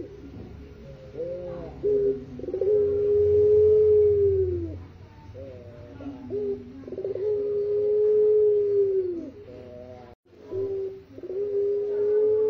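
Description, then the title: Barbary dove cooing: short rolling notes followed by a long, level, drawn-out coo that falls at the end, repeated about every four to five seconds. Training recording used to teach songbirds; a white Barbary dove. "Masteran Burung Puter Putih"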